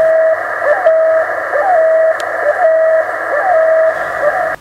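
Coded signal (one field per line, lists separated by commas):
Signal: channel marker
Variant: The Goose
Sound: steady mid tone in hiss, broken by short honking pitch wobbles about once a second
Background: radio static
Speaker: właśnie to zdarzało się stacji popularnie nazywanej gęś oto sygnały markera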